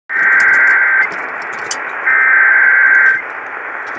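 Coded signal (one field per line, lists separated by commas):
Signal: Emergency Alert System (SAME) tones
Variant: header bursts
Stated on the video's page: Severe thunderstorm warning relayed on an AM broadcast station.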